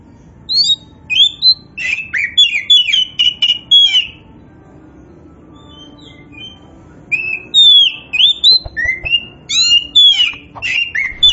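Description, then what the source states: Oriental magpie-robin giving long runs of varied whistles, sharp chips and slurred notes, a quiet break in the middle, then another lively burst. Kacer poci, a form of Oriental magpie-robin, described as gacor, meaning singing vigorously and often.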